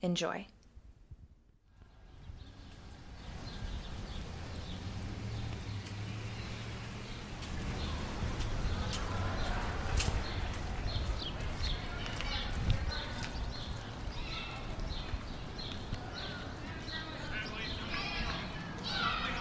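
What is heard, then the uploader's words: A walk toward Eastern Market: after a brief gap, steady crowd chatter and low street rumble continue, with frequent sharp footstep-like clicks throughout. Sounds of Eastern Market and Capitol Hill. A walk through Capitol Hill to pick up a baguette at Eastern Market.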